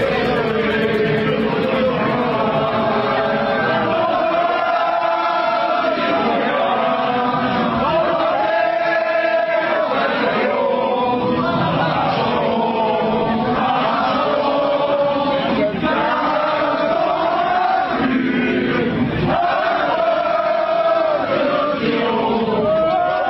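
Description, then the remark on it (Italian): A huge crowd of French football fans leaving the Stade de France, voices merging into loud, sustained chanting and singing that rises and falls in waves without a break. “Questo è il preciso momento, Laura, no, in cui i tifosi francesi stavano uscendo dallo Stade de France.”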